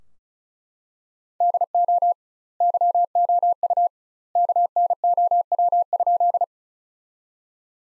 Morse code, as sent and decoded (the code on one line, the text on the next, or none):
-.. --- / -.-- --- ..- / -.- -. --- .-- ..--..
DO YOU KNOW?